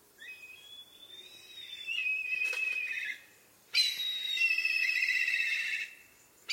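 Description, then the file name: Kite calling: high, thin whistles that hold steady, then a longer whistle breaking into a wavering, quavering trill, followed by a pause and a short final note. "kania"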